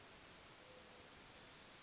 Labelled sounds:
Western Flycatcher (Empidonax difficilis)
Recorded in Sonoma County, California

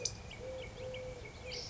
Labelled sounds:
Eurasian Collared Dove (Streptopelia decaocto)
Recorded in Sonoma County, California

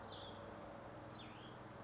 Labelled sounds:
Cassin's Vireo (Vireo cassinii)
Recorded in Sonoma County, California

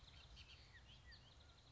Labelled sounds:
Bullock's Oriole (Icterus bullockii)
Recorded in Sonoma County, California

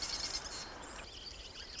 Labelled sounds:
Marsh Wren (Cistothorus palustris)
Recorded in Sonoma County, California

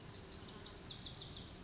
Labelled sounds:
Lazuli Bunting (Passerina amoena)
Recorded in Sonoma County, California

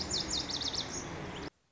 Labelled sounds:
Lazuli Bunting (Passerina amoena)
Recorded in Sonoma County, California

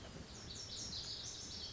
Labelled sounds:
Lazuli Bunting (Passerina amoena)
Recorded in Sonoma County, California

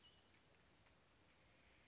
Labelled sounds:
Western Flycatcher (Empidonax difficilis)
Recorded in Sonoma County, California

